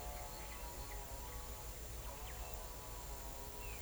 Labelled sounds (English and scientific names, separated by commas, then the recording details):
none
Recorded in pastures near Puerto Asís, Putumayo, Colombia, on 21 December 2024 at 10:00
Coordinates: 0.486, -76.323
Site GP01